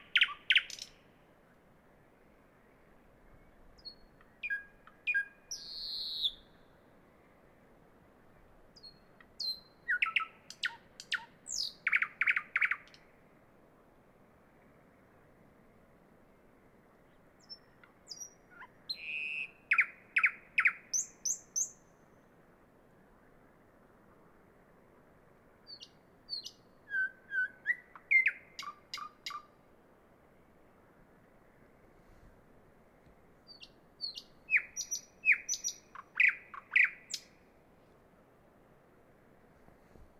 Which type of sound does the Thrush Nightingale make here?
song